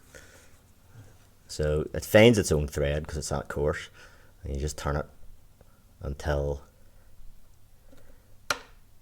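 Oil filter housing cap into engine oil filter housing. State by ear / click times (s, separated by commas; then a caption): seated / 8.5 s. On a 2016 Audi A4 Avant 2.0 TFSI, the plastic oil filter housing cap is turned down by hand on its own thread into the engine oil filter housing while someone talks. After the talking stops, a single sharp click at 8.5 seconds marks the cap clicking home, seated in place.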